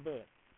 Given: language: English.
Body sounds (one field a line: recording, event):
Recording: throat vibration sensor signal played as sound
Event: speech